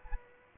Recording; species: mosquito wingbeat signal from an infrared sensor; Aedes aegypti